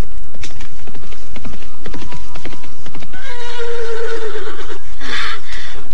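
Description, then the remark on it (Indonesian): A horse named Tunggul, from Raden Sanjaya's party, gives a loud, shaky whinny that rises and trembles for a few seconds, preceded by a series of sharp clopping hoof knocks; no one speaks. “Kuda baik. Kau agaknya masih mengenalku.”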